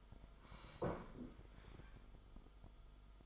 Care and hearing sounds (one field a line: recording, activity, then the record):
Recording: daily activity, microphone in the room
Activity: sit down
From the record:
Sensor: 5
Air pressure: 1005.1 hPa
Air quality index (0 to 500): 105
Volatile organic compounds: 2 ppm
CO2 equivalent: 1287 ppm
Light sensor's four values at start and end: 34/79/32/30 and 34/79/32/30